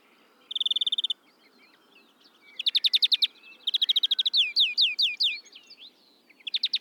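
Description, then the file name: European greenfinch singing bright rapid trills and twittering phrases, with a burst of falling sweeping notes and short pauses between runs. "Chloris chloris"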